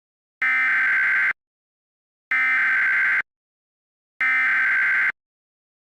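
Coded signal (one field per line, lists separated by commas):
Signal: Emergency Alert System (SAME) tones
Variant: header bursts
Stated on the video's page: Fictional alternate-history EAS scenario, not real alerts.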